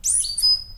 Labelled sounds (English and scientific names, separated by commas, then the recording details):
Stitchbird (Notiomystis cincta) song
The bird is a male
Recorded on Tiritiri Matangi Island, New Zealand, in 2005
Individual 11, of nest box 13